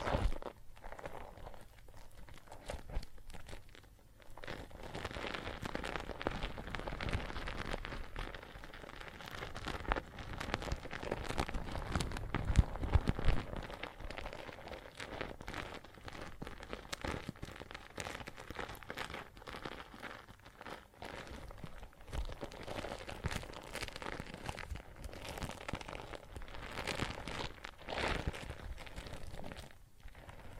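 Water and soap foam crackle and fizz in a dense, continuous stream of tiny pops and crinkles. The texture stays busy throughout, with brief louder bursts around 12 and 28 seconds and short quieter dips near 4 and 20 seconds.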